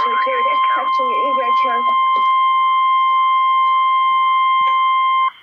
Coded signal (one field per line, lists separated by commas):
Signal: Emergency Alert System (SAME) tones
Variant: 1050 Hz attention tone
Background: speech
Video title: REAL EAS 283-Severe thunderstorm warning